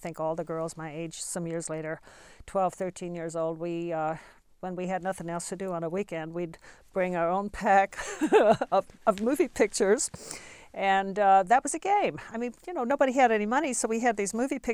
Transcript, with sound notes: I think all the girls my age, some years later, twelve, thirteen years old, we, when we had nothing else to do on a weekend, we'd bring our own pack (she laughs) of movie pictures and that was a game. I mean, you know, nobody had any money so we had these movie pictures.